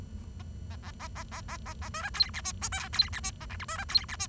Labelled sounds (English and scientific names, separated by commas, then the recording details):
Bengalese Finch (Lonchura striata domestica) song
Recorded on 23 June 2012 at 11:03
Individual gr41rd51